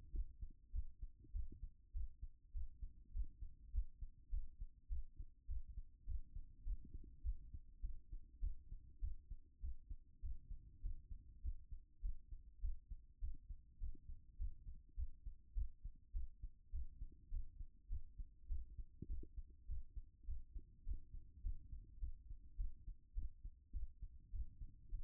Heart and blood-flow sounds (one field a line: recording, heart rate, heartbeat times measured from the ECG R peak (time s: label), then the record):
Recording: heart sounds by stethoscope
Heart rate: 101 bpm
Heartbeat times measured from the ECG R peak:
0.11 s: heartbeat
0.71 s: heartbeat
1.31 s: heartbeat
1.92 s: heartbeat
2.52 s: heartbeat
3.12 s: heartbeat
3.71 s: heartbeat
4.29 s: heartbeat
4.88 s: heartbeat
5.46 s: heartbeat
6.04 s: heartbeat
6.63 s: heartbeat
7.21 s: heartbeat
7.80 s: heartbeat
8.39 s: heartbeat
8.99 s: heartbeat
9.60 s: heartbeat
10.20 s: heartbeat
10.81 s: heartbeat
11.41 s: heartbeat
12.01 s: heartbeat
12.60 s: heartbeat
13.19 s: heartbeat
13.78 s: heartbeat
14.37 s: heartbeat
14.95 s: heartbeat
15.53 s: heartbeat
16.12 s: heartbeat
16.70 s: heartbeat
17.29 s: heartbeat
17.88 s: heartbeat
18.47 s: heartbeat
19.07 s: heartbeat
19.66 s: heartbeat
20.25 s: heartbeat
20.83 s: heartbeat
21.41 s: heartbeat
21.98 s: heartbeat
22.56 s: heartbeat
23.13 s: heartbeat
23.71 s: heartbeat
24.30 s: heartbeat
24.89 s: heartbeat
From the record:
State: after exercise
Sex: female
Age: 50 years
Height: 170 cm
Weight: 70 kg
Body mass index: 24.22